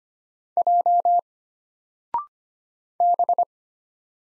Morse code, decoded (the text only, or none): J B